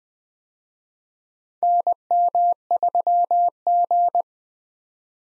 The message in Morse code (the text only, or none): NM3G